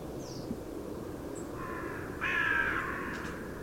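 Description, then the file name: Carrion crow giving two rasping caws, the second louder, against low background noise. "Corvus corone"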